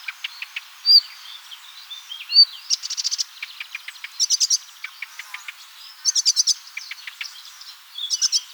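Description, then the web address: Bird calls: repeated bursts of quick high ticking notes among scattered chirps and short whistles. "ornitologiya slovar Ptichki"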